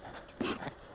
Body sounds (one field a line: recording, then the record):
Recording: coughing mixed with background sound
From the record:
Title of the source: 60 coughing still (deep and wet cough)